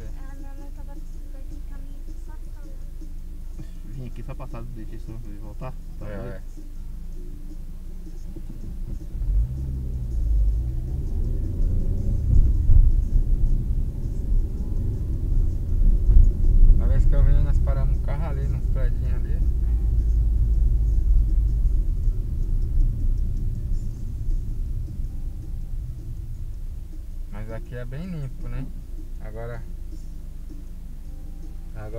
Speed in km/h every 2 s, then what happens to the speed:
0, 0, 0, 0, 0, 9, 23, 31, 35, 33, 28, 23, 15, 7, 0, 0.
0-9 standing. 9-16 pulls away to 35. 16-28 slows to 0. 28-32 standing.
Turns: none.